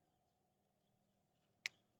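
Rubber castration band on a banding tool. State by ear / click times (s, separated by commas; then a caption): released / 1.7 s. A rubber castration ring, hooked onto a banding tool and wrapped around a goat's testicles, is released after the tool locks into place at a small notch. Over a quiet low hum, a single short, sharp click at 1.7 s marks the release, leaving the band on the testicles.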